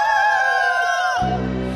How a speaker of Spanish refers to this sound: Escuchen esos indios, tienen ganas de atacar. Escuchen cómo gritan.